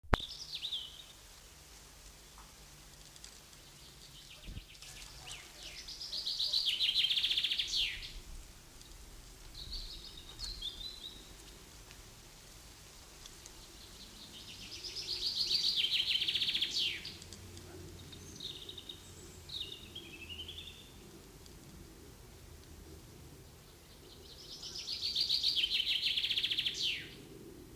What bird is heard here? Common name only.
Common Chaffinch